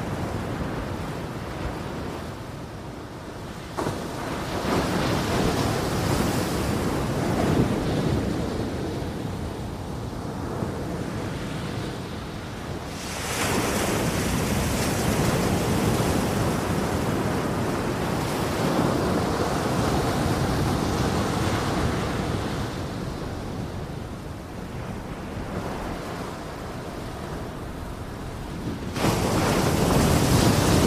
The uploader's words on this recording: Soothing Tropical Beach Ambience. Peaceful Ocean Waves.